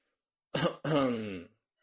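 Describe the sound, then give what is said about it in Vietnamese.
A single dry, throaty cough in two parts: a short rough burst, then a longer voiced rasp, fairly loud and alone against silence. “con rối ho khan một tiếng hỏi một câu.”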